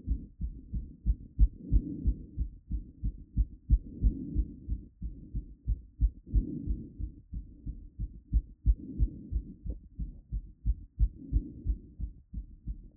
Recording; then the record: heart sounds by stethoscope after running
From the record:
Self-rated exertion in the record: moderate exertion (3 of 6); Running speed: 5 mph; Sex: female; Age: 18 years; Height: 171 cm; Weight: 75 kg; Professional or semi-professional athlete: no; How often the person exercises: 1 to 2 times a week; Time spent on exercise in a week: under 1 hour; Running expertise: no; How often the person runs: 1 to 2 times a week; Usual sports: running, fencing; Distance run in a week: 3 km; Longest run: 21.3 km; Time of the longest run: 190 minutes